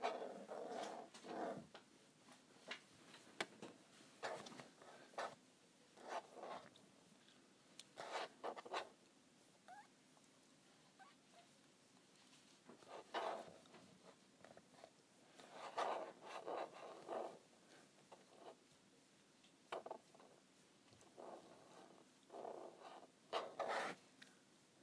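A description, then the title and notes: Scratching on a calculator in short rasping bursts, some quick clusters, some single strokes, separated by quiet pauses throughout. ASMR Scratching my Calculator.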